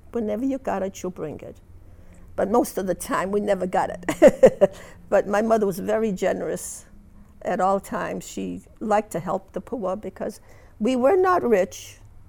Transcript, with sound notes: Whenever you've got it, you bring it." But most of the time we never got it. ( she laughs ) But my mother was very generous at all times. She liked to help the poor because we were not rich,